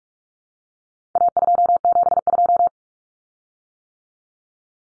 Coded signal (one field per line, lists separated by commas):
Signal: Morse code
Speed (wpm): 44 wpm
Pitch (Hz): 700 Hz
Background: none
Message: A272